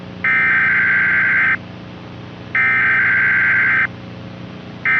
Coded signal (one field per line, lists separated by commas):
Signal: Emergency Alert System (SAME) tones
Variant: header bursts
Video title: [ADTVAC Reupload] ADTV Alabama - ''Summoned from Fiction'' EAS Intrusion (2011)